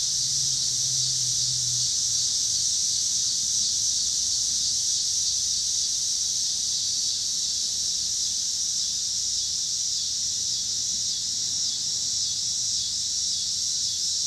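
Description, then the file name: Cicada buzzing as a dense, even high hiss throughout, with a brief low car tone at the start. Pittsburgh, Pennsylvania, 26 August 2023; recorded alongside passing cars. "cicadas and cars Pittsburgh PA"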